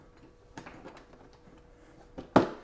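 After the screws are put back, a plastic housing cover is lined up by its notches with the power cord and pressed onto the electronics box of a 12-foot Home Depot skeleton Halloween prop. A few soft knocks and handling sounds come around 0.6 s and 2.2 s, then a sharp, loud click at 2.4 s as the cover snaps into place and seats.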